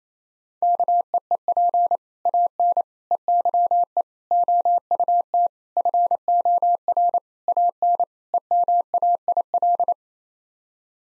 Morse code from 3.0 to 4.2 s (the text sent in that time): EYE